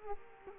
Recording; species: mosquito wingbeat signal from an infrared sensor; Culex quinquefasciatus